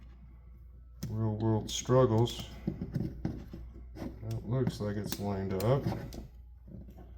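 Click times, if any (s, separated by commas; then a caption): none. A Rise Rev 535 drop-in trigger unit is handled and lined up in a rifle lower receiver while someone talks over faint handling noise. Nothing has seated or clicked yet by the end of the clip.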